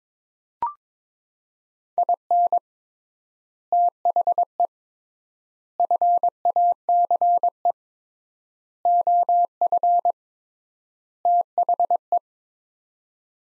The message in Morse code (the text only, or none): IN THE FACE OF THE